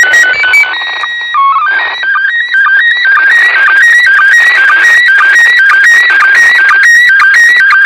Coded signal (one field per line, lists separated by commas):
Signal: SSTV (slow-scan television)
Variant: PD 120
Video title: ISS SSTV, 14:20.21 JULY 2017